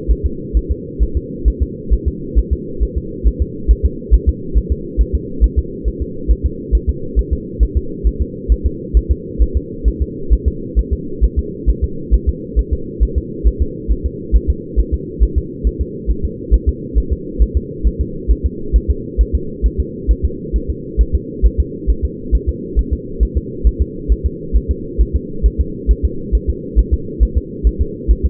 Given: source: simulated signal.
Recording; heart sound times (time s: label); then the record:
fetal heart sounds
0.11 s: S1
0.26 s: S2
0.57 s: S1
0.71 s: S2
1.03 s: S1
1.17 s: S2
1.48 s: S1
1.62 s: S2
1.93 s: S1
2.08 s: S2
2.38 s: S1
2.53 s: S2
2.83 s: S1
2.98 s: S2
3.28 s: S1
3.42 s: S2
3.71 s: S1
3.85 s: S2
4.14 s: S1
4.29 s: S2
4.57 s: S1
4.72 s: S2
5.01 s: S1
5.15 s: S2
5.44 s: S1
5.59 s: S2
5.88 s: S1
6.02 s: S2
6.31 s: S1
6.46 s: S2
6.75 s: S1
6.89 s: S2
7.19 s: S1
7.33 s: S2
7.63 s: S1
7.77 s: S2
8.07 s: S1
8.22 s: S2
8.52 s: S1
8.66 s: S2
8.97 s: S1
9.11 s: S2
9.42 s: S1
9.57 s: S2
9.88 s: S1
10.02 s: S2
10.33 s: S1
10.48 s: S2
10.79 s: S1
10.93 s: S2
11.24 s: S1
11.39 s: S2
11.69 s: S1
11.84 s: S2
12.14 s: S1
12.29 s: S2
12.59 s: S1
12.73 s: S2
13.03 s: S1
13.18 s: S2
13.47 s: S1
13.62 s: S2
13.92 s: S1
14.06 s: S2
14.36 s: S1
14.50 s: S2
14.80 s: S1
14.94 s: S2
15.23 s: S1
15.38 s: S2
15.67 s: S1
15.81 s: S2
16.11 s: S1
16.25 s: S2
16.54 s: S1
16.69 s: S2
16.98 s: S1
17.12 s: S2
17.42 s: S1
17.57 s: S2
17.87 s: S1
18.01 s: S2
18.31 s: S1
18.46 s: S2
18.76 s: S1
18.90 s: S2
19.21 s: S1
19.35 s: S2
19.66 s: S1
19.80 s: S2
20.11 s: S1
20.25 s: S2
20.56 s: S1
20.70 s: S2
21.01 s: S1
21.15 s: S2
21.46 s: S1
21.60 s: S2
21.90 s: S1
22.05 s: S2
22.35 s: S1
22.49 s: S2
22.79 s: S1
22.93 s: S2
23.23 s: S1
23.37 s: S2
23.67 s: S1
23.82 s: S2
24.12 s: S1
24.26 s: S2
24.56 s: S1
24.71 s: S2
25.01 s: S1
25.16 s: S2
25.46 s: S1
25.60 s: S2
25.91 s: S1
26.05 s: S2
26.35 s: S1
26.50 s: S2
26.79 s: S1
26.94 s: S2
27.23 s: S1
27.38 s: S2
27.67 s: S1
27.81 s: S2
28.11 s: S1
28.26 s: S2
From the record:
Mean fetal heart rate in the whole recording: 135 bpm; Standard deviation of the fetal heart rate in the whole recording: 3 bpm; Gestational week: 34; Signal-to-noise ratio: -4.3 dB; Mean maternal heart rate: 72 bpm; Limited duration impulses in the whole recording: absent